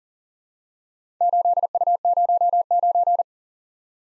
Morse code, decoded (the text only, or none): 8U09